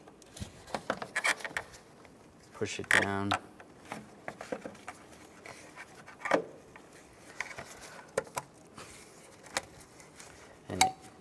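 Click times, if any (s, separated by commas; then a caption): 7.4 s, 8.2 s, 8.4 s, 9.6 s, 10.8 s. During a clutch kit replacement on a 2005-2010 Chevrolet Cobalt, a PCM wiring harness connector is pushed down into the engine control module while someone talks. Its locking lever ratchets closed with a series of clicks at 7.4, 8.2, 8.4, 9.6 and 10.8 seconds, the loudest coming last. The connector is seated and locked in place.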